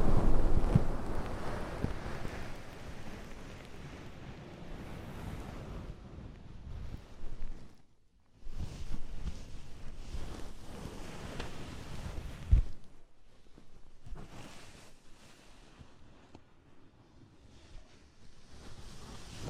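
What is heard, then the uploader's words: Oily, foamy ear massage with dense rubbing and squelching that fills the low end, loudest in the first few seconds and then easing. Brief near-silent gaps fall around 8 and 13 seconds, followed by softer, patchier crackling and swishing strokes that come and go. ASMR Oil, Foam and Tingly Ear Massage.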